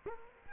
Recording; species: mosquito wingbeat signal from an infrared sensor; Culex quinquefasciatus